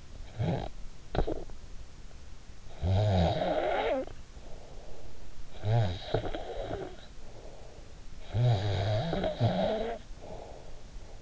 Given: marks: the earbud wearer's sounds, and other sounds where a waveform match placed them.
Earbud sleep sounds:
sounds in sleep by an in-ear microphone; snoring breath
0.00-1.74 s: snoring breath
2.34-11.22 s: snoring breath

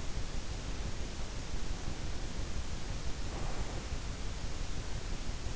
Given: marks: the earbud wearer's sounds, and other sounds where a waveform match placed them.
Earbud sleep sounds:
sounds in sleep by an in-ear microphone; breath
1.15-3.94 s: breath

